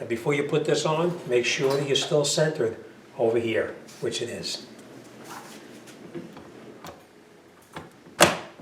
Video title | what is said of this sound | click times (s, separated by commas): How To Install A Google Nest Learning Thermostat | plug right here and we're going to push it in right here until we hear a snap | 8.2 s